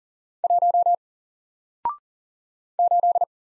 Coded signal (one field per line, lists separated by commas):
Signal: Morse code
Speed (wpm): 40 wpm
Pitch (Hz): 700 Hz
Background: none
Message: 1 8